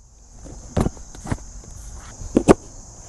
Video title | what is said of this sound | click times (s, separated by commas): Planting Fall Carrots in My New GreenStalk 🌱🥕 (Blackberry Color!) | make sure that it falls in place. You usually will hear a clicking sound when that happens. | 2.5 s